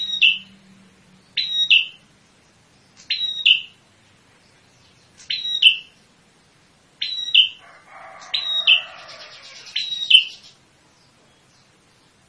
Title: Suara Pikat Prenjak Kepala Merah Asli Merdu